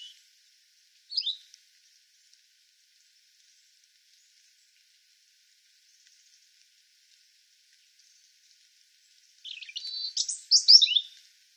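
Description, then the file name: European robin song, a brief high note early on, then a long quiet gap before a rich phrase of high tinkling, warbled notes near the end. "Erithacus rubecula"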